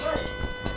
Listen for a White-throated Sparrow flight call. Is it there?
no